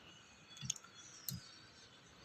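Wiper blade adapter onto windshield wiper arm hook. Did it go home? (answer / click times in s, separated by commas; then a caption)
yes / 0.7 s, 1.3 s. The plastic adapter of a new passenger-side windshield wiper blade is slid onto the J-hook of the metal wiper arm, and the blade is pulled up until it locks. Two sharp clicks are heard at 0.7 s and 1.3 s, with a fainter tick just after the first. The blade is locked onto the arm.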